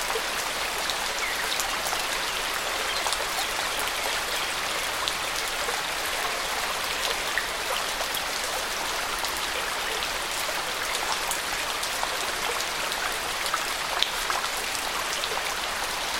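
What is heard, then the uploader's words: Tropical rain falls in a steady, dense hiss that holds level for the whole stretch, bright and crisp rather than low or rumbling. Countless drops patter on surfaces, with occasional sharper taps standing out, such as near the fourteen-second mark. Costa Rica Rain Storm. The sound of the tropical rain.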